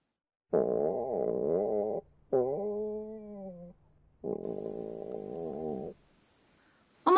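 Three drawn-out rumbling growls, each lasting one to two seconds, with a low, wavering, gurgling tone that slides up and down in pitch. This is stomach growling from hunger, a normal sound of an empty stomach.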